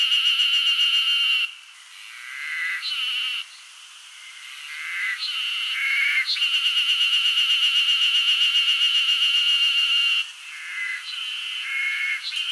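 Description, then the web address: Cicadas screeing in a loud, steady, buzzy drone with a fast pulsing texture, dipping quieter at times. Wild cicadas in Hokkaido, giving a scree. "Google Sounds Sound Matters. Cicadas scree in wild hokkaido"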